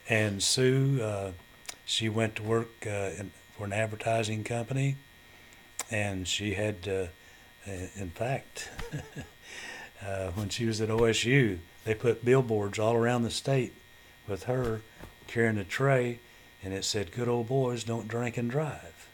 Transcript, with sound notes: And Sue, she went to work for an advertising company and she had-- in fact, (chuckling) when she was at OSU they put billboards all around the state with her carrying a tray and it said, "Good ole boys don't drink and drive."